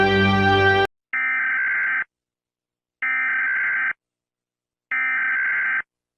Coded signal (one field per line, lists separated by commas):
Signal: Emergency Alert System (SAME) tones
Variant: header bursts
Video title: EAS Alarms 1